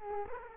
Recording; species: mosquito wingbeat signal from an infrared sensor; Culex quinquefasciatus